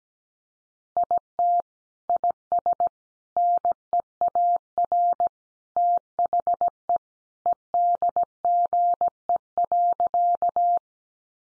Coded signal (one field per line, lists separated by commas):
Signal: Morse code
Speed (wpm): 17 wpm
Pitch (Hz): 700 Hz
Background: none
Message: IT IS NEAR THE EDGE.